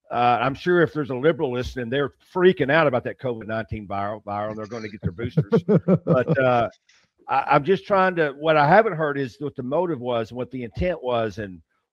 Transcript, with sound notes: I'm sure if there's a liberal listening, they're freaking out about that COVID-19 viral, viral. They're going to get their boosters.
(laughs)
But, uh, I, I'm just trying to... What I haven't heard is what the motive was and what the intent was and